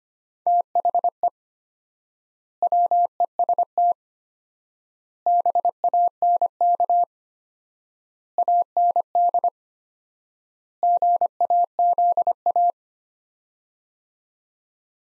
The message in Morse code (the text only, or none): THE WEST BANK AND GAZA